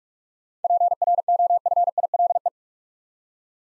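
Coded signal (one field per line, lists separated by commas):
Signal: Morse code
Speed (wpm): 43 wpm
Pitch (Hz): 700 Hz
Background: none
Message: PROFILE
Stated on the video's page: Seven-letter words sent at 45 wpm for head-copy practice, each word sent twice.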